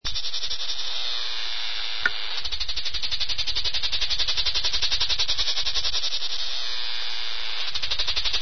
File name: lyristes plebejus